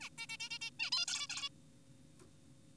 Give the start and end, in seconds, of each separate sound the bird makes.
0.01-0.09, 0.18-0.27, 0.29-0.37, 0.40-0.49, 0.51-0.59, 0.61-0.71, 0.79-0.90, 0.92-1.05, 1.08-1.27, 1.30-1.49